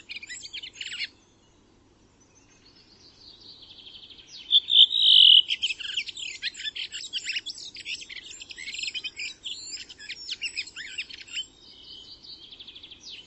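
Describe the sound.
Bird song with brief high notes, a short pause, then a long fast run of twittering, chattering high phrases.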